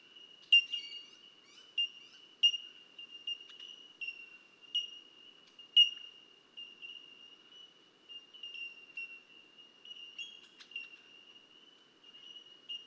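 Bell miner giving high, clear bell-like pings at irregular intervals over a steady ringing tone.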